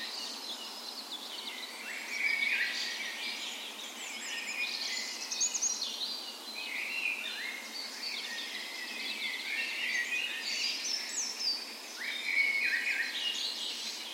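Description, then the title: Birds: dawn chorus of many birds, dense high warbling and chirping that swells in bursts, with a faint continuous background hiss. Dawn chorus on the morning of 17 May, Norway's National Day, in a park west in Bergen, Norway, in spring; Sony PCM A10 recorder with LOM micro Usi mics as tree ears. "17th Of May Dawn Chorus"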